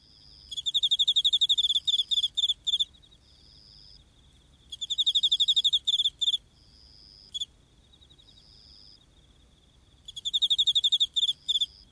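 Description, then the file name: Autumn insect chirping in repeated bursts of fast, high pulses every few seconds, with short steady buzzing tones filling some gaps. Heard in autumn. "akinomushi"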